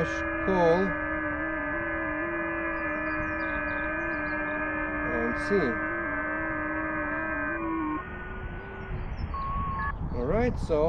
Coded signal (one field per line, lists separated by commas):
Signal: FT8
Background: speech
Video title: FT8 pedestrian/mobile with IC-705, Android (FT8CN), NO USB cable! How to configure.